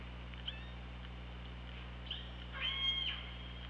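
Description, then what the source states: Orca call, a short harmonic squeal near the end, with a couple of faint clicks earlier, over constant low hum and hiss. Underwater hydrophone recording from OrcaLab, 24 August 2017, around 15:17.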